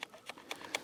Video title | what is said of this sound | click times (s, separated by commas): NEW Freewell K2 Filter System, True Colour VND CPL Grad and more. | and it locks in | 0.8 s